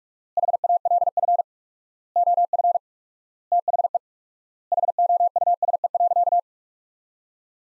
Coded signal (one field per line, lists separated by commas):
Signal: Morse code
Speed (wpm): 46 wpm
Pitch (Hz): 700 Hz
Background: none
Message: HALF OF THE HOUSE.